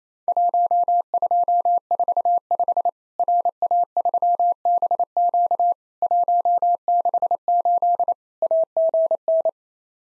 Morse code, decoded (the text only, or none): 1245 RA3BQ 168 AGN